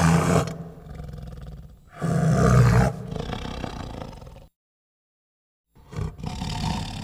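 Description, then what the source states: Tiger growling in deep, rumbling bursts, two long growls separated by a short pause, then a brief silence before another rough growl begins. Tiger growling with chuffs.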